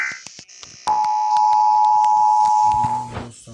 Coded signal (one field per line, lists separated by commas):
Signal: Emergency Alert System (SAME) tones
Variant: 853 and 960 Hz attention tone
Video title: Tucson EAS Alarm (TORNADO WARNING) 2001